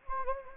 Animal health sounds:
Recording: mosquito wingbeat signal from an infrared sensor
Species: Anopheles gambiae

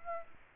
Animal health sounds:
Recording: mosquito wingbeat signal from an infrared sensor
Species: Aedes aegypti

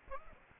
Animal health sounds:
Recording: mosquito wingbeat signal from an infrared sensor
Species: Aedes aegypti

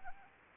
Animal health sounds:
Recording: mosquito wingbeat signal from an infrared sensor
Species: Anopheles arabiensis

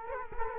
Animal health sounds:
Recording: mosquito wingbeat signal from an infrared sensor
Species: Culex quinquefasciatus

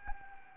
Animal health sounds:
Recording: mosquito wingbeat signal from an infrared sensor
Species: Anopheles gambiae

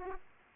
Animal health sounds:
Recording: mosquito wingbeat signal from an infrared sensor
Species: Aedes aegypti

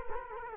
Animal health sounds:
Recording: mosquito wingbeat signal from an infrared sensor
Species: Culex quinquefasciatus

